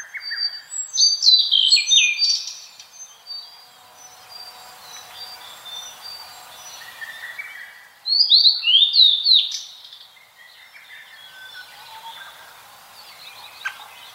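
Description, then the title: Blue-and-white flycatcher singing two loud, high phrases of sliding whistles about six seconds apart, with fainter notes between them. Recorded at Kirifuri Highlands, Tochigi Prefecture, Japan. "朝の小鳥. 霧降高原（栃木県）のオオルリ"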